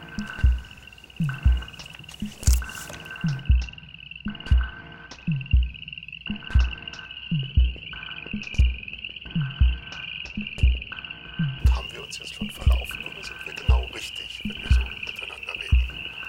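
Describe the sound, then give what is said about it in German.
Frogs croak in a steady, repeating series of short, knocking calls, layered over a continuous high insect-like trill that runs through the whole stretch. “Die Frösche wurden von der Extinktion vergessen.”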